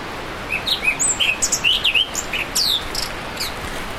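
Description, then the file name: Himalayan forest thrush song: a quick string of thin, scratchy whistled notes, some rising and some falling, mixing mid and very high pitches over a hissy background. "thrush-himalayan-forest Zoothera-salimalii"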